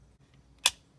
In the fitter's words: you're just going to place this ball inside here until you hear the pop